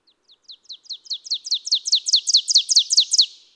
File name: Ovenbird